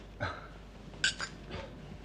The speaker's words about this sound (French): Vous ne voulez pas trinquer?